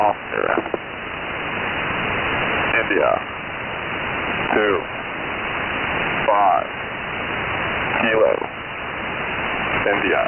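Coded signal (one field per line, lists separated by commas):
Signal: coded military voice message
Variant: English phonetic alphabet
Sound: hissing radio static with a voice slowly reading phonetic letters and numbers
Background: radio static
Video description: Unusual HFGCS traffic on July 01 2024, as broadcast by E6 #AE040D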